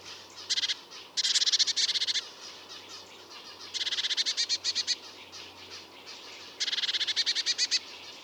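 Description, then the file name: Eurasian blue tit calling in rapid trains of thin, high, rattling notes, in several bursts with brief pauses, steady low hiss behind. "Cyanistes caeruleus"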